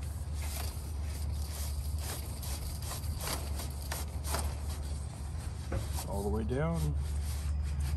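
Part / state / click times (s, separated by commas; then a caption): privacy slat into chain link fence bottom railing / not seated / none. A plastic privacy slat is started and fed down through the mesh of a chain link fence toward the bottom rail, with rubbing and scraping as it slides, a sharp knock at 3.9 s, and another bump at 5.7 s over a steady low hum. Someone talks near the end. The slat is not yet pushed home, and nothing has clicked or latched yet.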